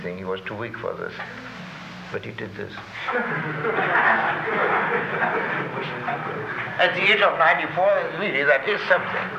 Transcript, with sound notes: He was too weak for this. But he did this. [laughter] At the age of 94, really, that is something.